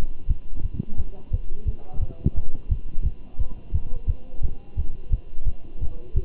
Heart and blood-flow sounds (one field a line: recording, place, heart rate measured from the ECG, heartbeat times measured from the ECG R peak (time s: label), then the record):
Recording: heart sounds by stethoscope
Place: between the tricuspid and mitral areas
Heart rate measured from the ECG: 174 bpm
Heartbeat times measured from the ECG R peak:
0.28 s: heartbeat
0.63 s: heartbeat
0.97 s: heartbeat
1.31 s: heartbeat
1.66 s: heartbeat
2.00 s: heartbeat
2.35 s: heartbeat
2.69 s: heartbeat
3.04 s: heartbeat
3.38 s: heartbeat
3.73 s: heartbeat
4.07 s: heartbeat
4.42 s: heartbeat
4.76 s: heartbeat
5.11 s: heartbeat
5.46 s: heartbeat
5.80 s: heartbeat
6.14 s: heartbeat
From the record:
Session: Bruce protocol treadmill stress test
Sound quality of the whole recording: good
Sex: male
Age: 23 years